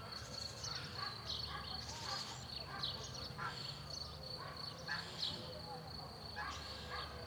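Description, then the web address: Birds in a morning chorus: many short chirps and trills overlap throughout, over a steady high-pitched whine and a low rumbling background. Morning chorus in a rural countryside zone, recorded in four-channel quad format. "Rural zone countryside bird morning chorus"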